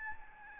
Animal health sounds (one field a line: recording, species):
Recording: mosquito wingbeat signal from an infrared sensor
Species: Aedes albopictus